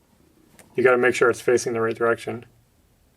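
Someone talks while handling a 15 amp plug-in electrical module, checking that it faces the right direction before pushing it into its mounting slot or panel. A faint, brief tap comes at about 0.6 s. Nothing has clicked or seated yet.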